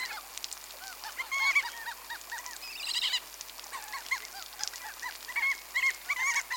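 Crab-plovers calling in a group, with rapid barking notes tumbling over one another and a brief burst of higher chatter near the middle, over a constant hiss.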